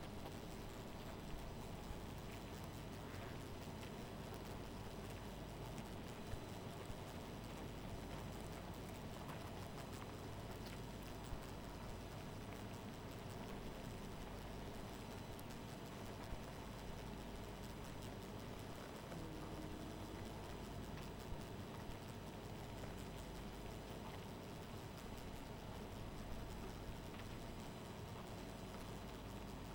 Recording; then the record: honeybee colony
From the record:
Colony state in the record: missing queen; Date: 14 July 2017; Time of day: 2:04